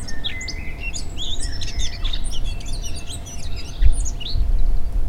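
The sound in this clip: Bird chirping and twittering in quick high notes, with one longer thin whistle near the start, over a low background rumble.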